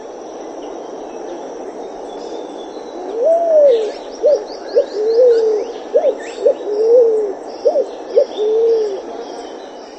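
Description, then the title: Pale-vented pigeon song: a long drawn coo followed by short clipped notes alternating with slurred coos, low and hollow, over soft chirps from other small birds. "Canto Da Pomba. PIGEON, Pale-vented song"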